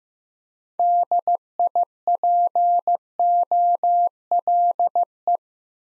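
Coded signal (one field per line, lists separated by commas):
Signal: Morse code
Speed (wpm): 15 wpm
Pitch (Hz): 700 Hz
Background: none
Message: DIPOLE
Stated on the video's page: Morse head-copy drill of common QSO elements at 15 wpm, each sent in Morse, spoken, then sent again.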